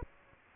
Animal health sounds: mosquito wingbeat signal from an infrared sensor; Aedes aegypti

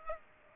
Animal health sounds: mosquito wingbeat signal from an infrared sensor; Aedes aegypti

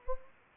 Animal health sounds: mosquito wingbeat signal from an infrared sensor; Anopheles gambiae

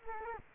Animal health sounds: mosquito wingbeat signal from an infrared sensor; Culex quinquefasciatus

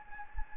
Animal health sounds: mosquito wingbeat signal from an infrared sensor; Anopheles gambiae

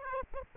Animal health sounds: mosquito wingbeat signal from an infrared sensor; Aedes aegypti

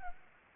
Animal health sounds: mosquito wingbeat signal from an infrared sensor; Anopheles gambiae

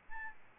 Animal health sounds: mosquito wingbeat signal from an infrared sensor; Aedes albopictus

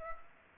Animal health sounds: mosquito wingbeat signal from an infrared sensor; Culex pipiens

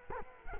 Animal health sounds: mosquito wingbeat signal from an infrared sensor; Culex quinquefasciatus

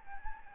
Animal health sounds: mosquito wingbeat signal from an infrared sensor; Aedes albopictus

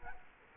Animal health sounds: mosquito wingbeat signal from an infrared sensor; Culex quinquefasciatus

